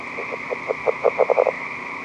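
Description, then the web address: California red-legged frog call: a short series of low, knocking notes that speed up and grow louder over about a second, over steady hiss. "frogs r draytonii"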